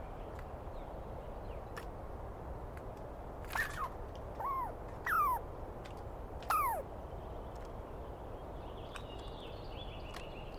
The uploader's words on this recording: I set up my microphones and recorder for a nice dawn recording in the East Cascades. I was started awake by a screaming Douglas Pine Squirrel.